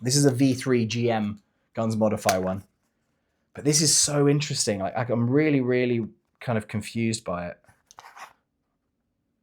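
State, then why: Not seated. Someone talks while a V3 gas blowback magazine is pushed into the magazine well of an airsoft replica rifle. Two short knocks are heard at about 7.9 s and 8.0 s. The magazine does not latch, and nothing has seated or clicked.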